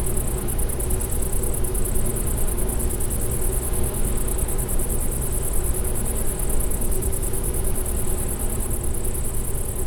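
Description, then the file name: Bush-cricket giving a sustained high-pitched pulsing trill for the whole stretch, beneath it a strong low droning hum. Recorded near a wind energy plant at Klein Leine, 20 August 2016, 22:24 h. "wind-energy-plant gbushcrick-SEV-AV 2224 h d bb klein-leine"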